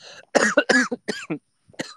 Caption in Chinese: 感冒没有好透，有点咳嗽啊，不好意思，声音有点大。